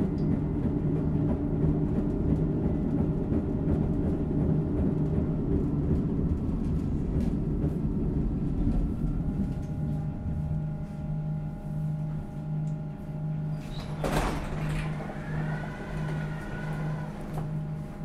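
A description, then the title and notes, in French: A train arriving: a dense low rumble fills the first nine seconds, then thins as the train slows, leaving a steady hum with a pulsing low tone. Around fourteen seconds a sharp clatter, like a door sliding, rings out, followed by a brief rising whine. Arrivée en train. Parcours sonore capté à micro tendu en marche à travers différents lieux en mouvements.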